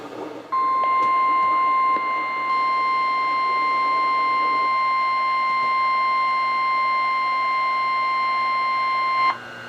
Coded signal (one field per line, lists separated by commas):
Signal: Emergency Alert System (SAME) tones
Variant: 1050 Hz attention tone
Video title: EAS #267-#275: Storms in Maryland | KHB36, WNG736, & WXM42